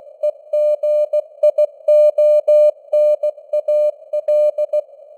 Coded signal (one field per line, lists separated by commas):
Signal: Morse code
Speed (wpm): 16 wpm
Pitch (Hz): 600 Hz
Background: none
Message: EGIONAL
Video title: Morse Code News | 2025-12-15 | 16wpm